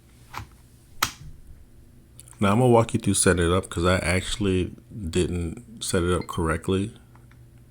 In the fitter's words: push down, and it clicks right into place.